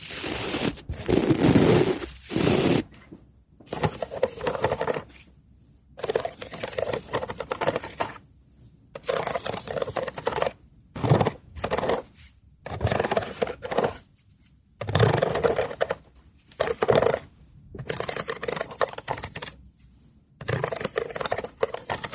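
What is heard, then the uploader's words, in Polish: Wood sounds as a series of rough, rasping scrapes, each lasting about a second, broken by short silent gaps at an uneven pace. ZAŚNIJ PRZY DŹWIĘKACH DREWNA! ASMR po polsku.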